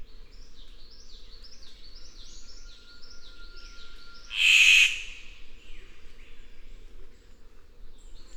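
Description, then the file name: Victoria's riflebird giving one loud, harsh rasping burst midway, with another bird's repeated chevron-shaped notes and a thin steady whistle in the background. "Ptiloris Victoriae"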